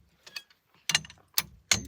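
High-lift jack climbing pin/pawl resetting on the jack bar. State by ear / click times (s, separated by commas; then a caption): seated / 0.9 s, 1.4 s, 1.7 s. A reset lever on a steel high-lift jack is flipped and the handle raised all the way to the top, so the climbing pin and pawl latch into the reset position on the jack bar. Sharp metallic ratchet clicks sound at 0.9, 1.4 and 1.7 seconds, with a softer click just before. The reset mechanism clicks into place and seats.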